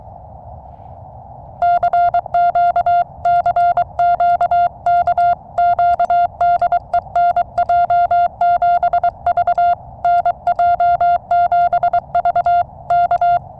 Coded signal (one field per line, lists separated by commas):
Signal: Morse code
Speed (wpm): 23 wpm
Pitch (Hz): 700 Hz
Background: none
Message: CQ CQ KQ DE NJ7V NJ7V K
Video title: My 10 RADIO Essentials for Summits on the Air